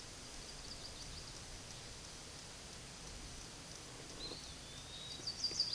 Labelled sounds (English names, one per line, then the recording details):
Eastern Wood-Pewee song
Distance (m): 85 m
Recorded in a Pennsylvania forest on 18 May 2023 at 13:39
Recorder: AudioMoth, point grid1_11_low
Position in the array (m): 203 m, 175 m